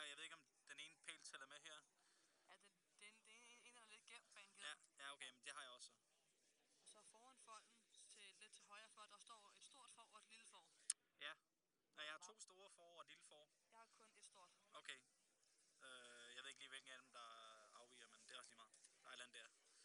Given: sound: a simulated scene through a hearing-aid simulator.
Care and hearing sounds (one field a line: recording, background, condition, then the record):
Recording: conversation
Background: quiet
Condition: 55 dB SPL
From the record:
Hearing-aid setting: III (slow-acting compression, loudness normalization, advanced features for about 2.5 dB of SNR improvement)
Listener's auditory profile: D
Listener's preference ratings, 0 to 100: 69, 65, 48